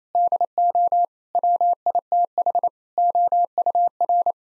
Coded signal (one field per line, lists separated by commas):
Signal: Morse code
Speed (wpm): 28 wpm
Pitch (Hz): 700 Hz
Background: none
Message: DO WITH OUR